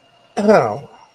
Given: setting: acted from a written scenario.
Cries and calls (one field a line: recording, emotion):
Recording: vocal sound without words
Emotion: contempt